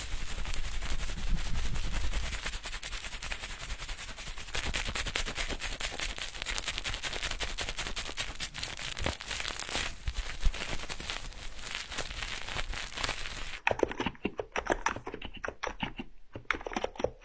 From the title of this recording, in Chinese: 敲击音水流声涂抹撕拉按摩音合集